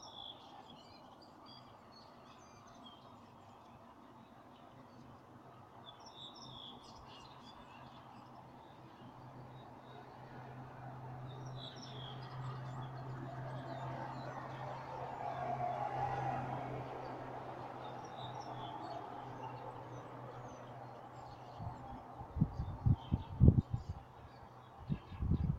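Dawn, with faint, scattered bird chirps high throughout over a steady low hum. A soft rushing swell, like a passing vehicle, rises and fades around the middle, and loud knocks and thumps break in near the end.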